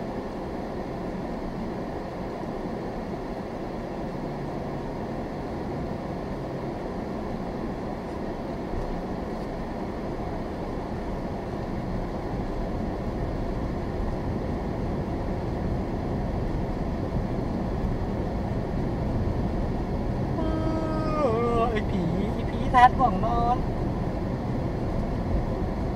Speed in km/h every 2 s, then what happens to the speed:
6, 6, 6, 6, 8, 11, 16, 21, 21, 23, 24, 24, 24.
0-8 steady at about 6. 8-14 speeds up to 21. 14-26 steady at about 23.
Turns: none.